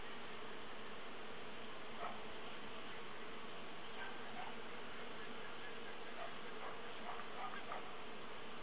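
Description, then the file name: Bee giving a continuous low buzz, an even droning hum with faint scattered higher ticks over a noisy background. "abeja"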